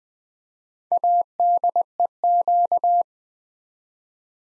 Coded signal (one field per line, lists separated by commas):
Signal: Morse code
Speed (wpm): 20 wpm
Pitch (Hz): 700 Hz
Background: none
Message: ADEQ